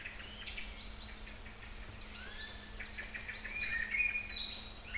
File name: Singing Birds 3 Kouri Forest Salonika 22 05 12 18 35